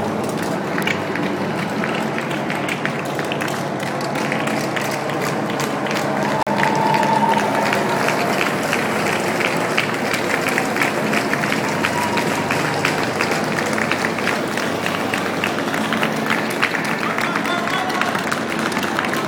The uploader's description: Berlin Marathon leaders pass by